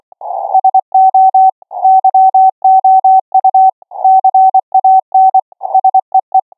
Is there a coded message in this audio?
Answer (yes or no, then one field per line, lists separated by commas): yes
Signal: Morse code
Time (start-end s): 0.5-6.4 s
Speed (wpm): 24 wpm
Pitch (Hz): 760 Hz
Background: none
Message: SO YOU CAN SEE